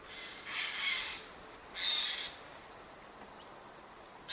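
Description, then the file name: Eurasian jay giving two harsh, rasping screeches about a second apart, each lasting over half a second, with a short third burst beginning at the end. "Garrulus glandarius"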